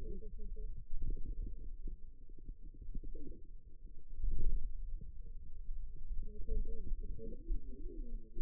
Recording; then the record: forearm muscle sounds (acoustic myography)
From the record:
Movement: pen grasping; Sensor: system 2, bracelet of six BSWA MPA416 microphones around the upper forearm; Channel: 4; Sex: female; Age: 21 years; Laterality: right